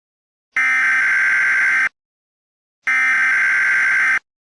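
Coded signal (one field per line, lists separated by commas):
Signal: Emergency Alert System (SAME) tones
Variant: header bursts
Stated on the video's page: Fictional mock EAS scenario of a Midwest disaster event.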